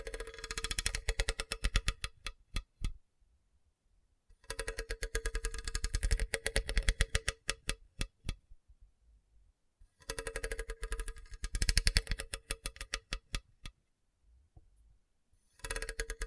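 Scratching across a hard, bumpy surface comes in rapid bursts of dense clicking rasps, each lasting about three seconds. Quiet gaps separate them, at roughly 3, 8 and 14 seconds. The strokes are bright and gritty, with a steady low rumble underneath.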